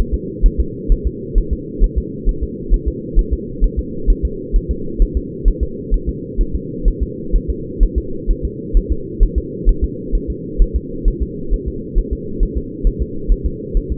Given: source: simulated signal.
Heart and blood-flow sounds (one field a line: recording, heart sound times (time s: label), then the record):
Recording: fetal heart sounds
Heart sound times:
0.14 s: S2
0.46 s: S1
0.60 s: S2
0.92 s: S1
1.07 s: S2
1.38 s: S1
1.53 s: S2
1.84 s: S1
1.98 s: S2
2.29 s: S1
2.43 s: S2
2.74 s: S1
2.88 s: S2
3.19 s: S1
3.33 s: S2
3.64 s: S1
3.79 s: S2
4.10 s: S1
4.25 s: S2
4.56 s: S1
4.71 s: S2
5.02 s: S1
5.17 s: S2
5.48 s: S1
5.63 s: S2
5.94 s: S1
6.09 s: S2
6.41 s: S1
6.55 s: S2
6.88 s: S1
7.03 s: S2
7.36 s: S1
7.50 s: S2
7.83 s: S1
7.98 s: S2
8.31 s: S1
8.45 s: S2
8.77 s: S1
8.92 s: S2
9.23 s: S1
9.38 s: S2
9.69 s: S1
9.84 s: S2
10.15 s: S1
10.30 s: S2
10.62 s: S1
10.76 s: S2
11.08 s: S1
11.23 s: S2
11.53 s: S1
11.68 s: S2
11.99 s: S1
12.13 s: S2
12.43 s: S1
12.57 s: S2
12.87 s: S1
13.02 s: S2
13.32 s: S1
13.46 s: S2
13.77 s: S1
13.92 s: S2
From the record:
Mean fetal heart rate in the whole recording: 130 bpm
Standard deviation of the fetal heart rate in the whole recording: 4 bpm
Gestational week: 38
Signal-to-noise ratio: -4.3 dB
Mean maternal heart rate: 72 bpm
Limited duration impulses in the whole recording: absent